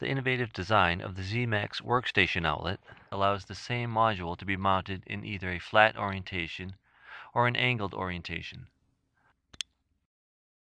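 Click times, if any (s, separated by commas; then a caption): 9.6 s. Someone talks for about nine seconds, then a network outlet module is pushed into a workstation faceplate. A brief faint tick precedes a sharp click at 9.6 s as the outlet module locks into place in the faceplate.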